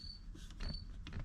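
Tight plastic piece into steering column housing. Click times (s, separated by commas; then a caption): 1.1 s. A tight-fitting plastic piece is angled into the steering column housing of a 1981 C3 Corvette during a turn signal switch replacement and punched home. A faint scrape and knock lead to a sharp snap at 1.1 s as it seats firmly in place.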